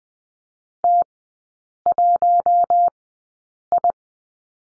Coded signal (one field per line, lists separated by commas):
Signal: Morse code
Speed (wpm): 20 wpm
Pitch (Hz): 700 Hz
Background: none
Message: T1I